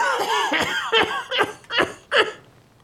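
A man coughs again in a rough, hacking fit in a bedroom: a strained, voiced wheeze followed by four short harsh bursts in quick succession, fading out at the end.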